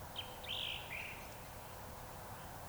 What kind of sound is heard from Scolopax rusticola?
whistle